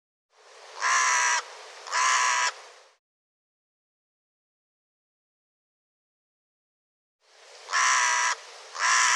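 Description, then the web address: Bird calling with harsh, nasal caws in pairs: two loud caws, a long silent pause, then two more. "cianscape birddata Deverinetal 2025"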